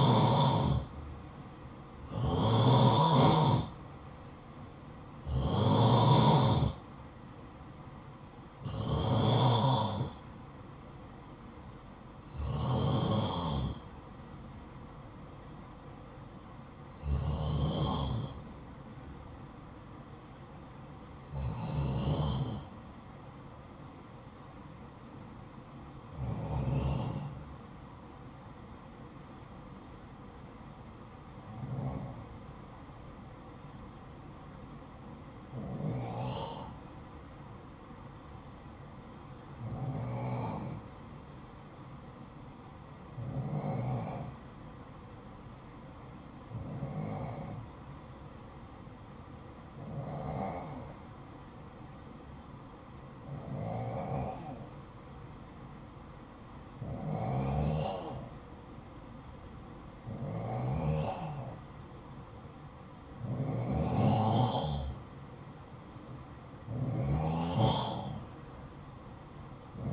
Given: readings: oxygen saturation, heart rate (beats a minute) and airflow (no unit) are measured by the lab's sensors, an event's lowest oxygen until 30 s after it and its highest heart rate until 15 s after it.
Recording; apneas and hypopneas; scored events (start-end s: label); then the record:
breathing in sleep by a smartphone at the bedside; 1
19.00-65.40 s: hypopnea (N1, oxygen 95% highest, then 91% lowest, heart rate 53 at the start, 60 highest)
From the record:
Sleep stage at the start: N1 (lightest sleep); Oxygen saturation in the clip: 90 to 95%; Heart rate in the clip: 53 to 60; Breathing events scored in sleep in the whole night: 573 in 9.8 hours asleep